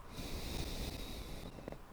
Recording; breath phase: one breath near a microphone; exhalation